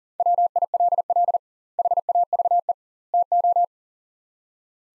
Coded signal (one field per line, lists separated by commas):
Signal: Morse code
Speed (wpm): 40 wpm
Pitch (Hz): 700 Hz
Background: none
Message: WILL HAVE TO